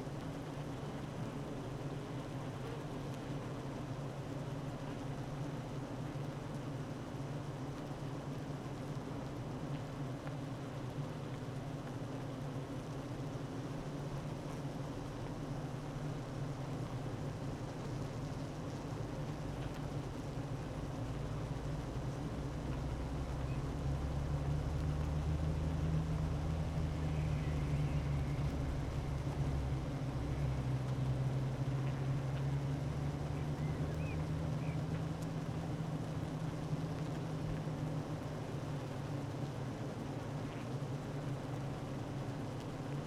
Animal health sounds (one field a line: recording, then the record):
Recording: honeybee colony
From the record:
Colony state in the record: active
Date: 12 June 2018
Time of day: 9:19